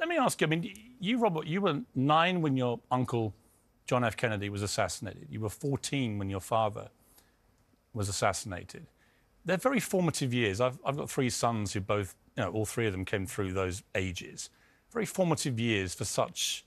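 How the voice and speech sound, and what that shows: An adult man speaks fluently in a clear, steady, mid-pitched voice with ordinary phrasing and brief pauses; normal voice.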